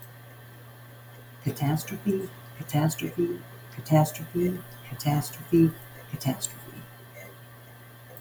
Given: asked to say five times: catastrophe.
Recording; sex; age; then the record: repeated word; female; 50 to 59 years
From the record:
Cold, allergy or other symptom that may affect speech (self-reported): no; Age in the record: 57 years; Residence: Arizona, United States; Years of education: 15